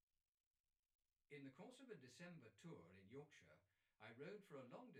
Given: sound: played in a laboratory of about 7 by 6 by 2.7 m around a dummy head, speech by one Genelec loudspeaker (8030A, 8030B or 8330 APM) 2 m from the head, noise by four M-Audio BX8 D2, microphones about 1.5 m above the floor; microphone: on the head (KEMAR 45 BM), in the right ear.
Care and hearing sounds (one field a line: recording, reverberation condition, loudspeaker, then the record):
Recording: male speech in English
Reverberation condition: low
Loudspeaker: 150 degrees to the left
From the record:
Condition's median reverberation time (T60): about 310 ms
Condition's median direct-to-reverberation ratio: about 3.5 dB